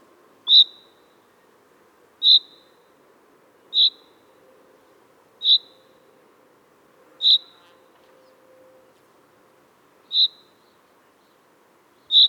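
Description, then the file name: Common chaffinch calling steadily, a crisp short note repeated seven times at roughly one and a half to three second intervals over a soft background hum. "Fringilla coelebs"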